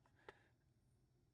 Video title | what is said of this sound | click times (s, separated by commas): How I Unload my Muzzleloader Without Shooting - Loose Powder | now slide this on until it clicks and we are in good shape so now the whole thing is reassembled | 0.3 s